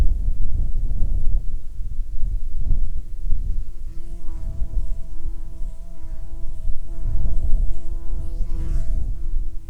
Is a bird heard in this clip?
no